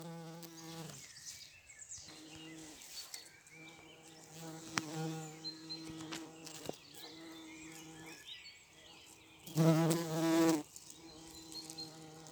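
Bumblebee buzzing in flight, a low harmonic drone fading in and out with scattered clicks and taps, then a loud burst of buzzing near the end.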